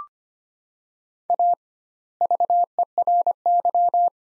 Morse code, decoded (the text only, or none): A VERY